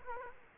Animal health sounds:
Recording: mosquito wingbeat signal from an infrared sensor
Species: Culex quinquefasciatus

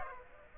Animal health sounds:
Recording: mosquito wingbeat signal from an infrared sensor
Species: Aedes aegypti

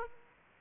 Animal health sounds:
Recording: mosquito wingbeat signal from an infrared sensor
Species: Aedes aegypti

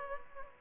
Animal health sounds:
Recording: mosquito wingbeat signal from an infrared sensor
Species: Culex pipiens

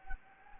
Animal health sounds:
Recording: mosquito wingbeat signal from an infrared sensor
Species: Anopheles gambiae

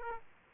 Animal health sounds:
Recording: mosquito wingbeat signal from an infrared sensor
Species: Aedes aegypti

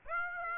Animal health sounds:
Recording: mosquito wingbeat signal from an infrared sensor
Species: Aedes aegypti

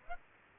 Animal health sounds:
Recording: mosquito wingbeat signal from an infrared sensor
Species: Aedes aegypti

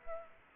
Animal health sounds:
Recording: mosquito wingbeat signal from an infrared sensor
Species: Aedes aegypti

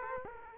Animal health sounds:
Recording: mosquito wingbeat signal from an infrared sensor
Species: Aedes aegypti

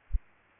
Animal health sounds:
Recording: mosquito wingbeat signal from an infrared sensor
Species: Aedes aegypti

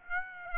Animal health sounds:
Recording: mosquito wingbeat signal from an infrared sensor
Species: Aedes aegypti

